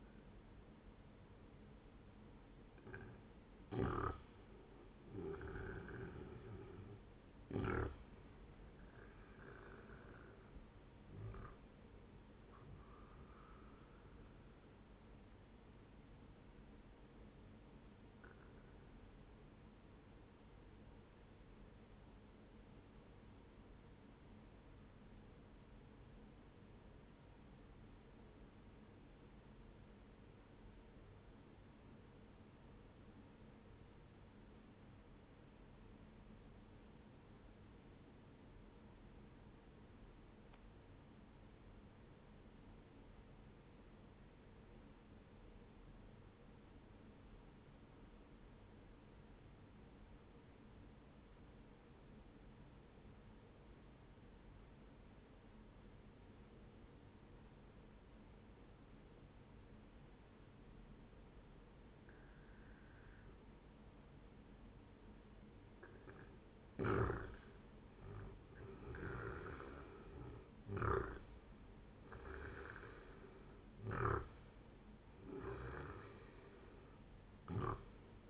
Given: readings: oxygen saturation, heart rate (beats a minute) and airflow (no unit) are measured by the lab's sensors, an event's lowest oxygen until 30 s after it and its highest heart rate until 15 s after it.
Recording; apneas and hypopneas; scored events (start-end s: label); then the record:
breathing in sleep by a voice recorder at the bedside; 1
18.00-48.00 s: new sleep stage, N1 (lightest sleep)
23.00-66.60 s: obstructive apnea (N1, oxygen 98% highest, then 91% lowest, heart rate 63 at the start, 76 highest)
48.00-78.30 s: new sleep stage, N2 (light sleep)
From the record:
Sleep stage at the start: N2 (light sleep); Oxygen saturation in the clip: 93 to 98%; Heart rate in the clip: 58 to 76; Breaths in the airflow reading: 7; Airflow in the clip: -11.2 to 15.4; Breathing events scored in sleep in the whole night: 131 in 7.2 hours asleep